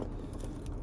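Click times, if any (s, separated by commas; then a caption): 0.7 s. The metal emergency key is slid back into the plastic remote key fob housing of a 2022–2024 Acura MDX after a battery replacement. Short metallic jangling and faint clicks are heard, with the key locking into place at 0.7 s, seated.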